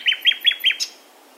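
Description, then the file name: Common nightingale song: four loud repeated whistled notes about every fifth of a second, closing with a higher note. "Luscinia megarhynchos"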